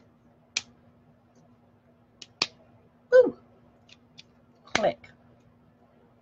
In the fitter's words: sure and make sure that your magic mark your markers click I'm gonna let you hear it click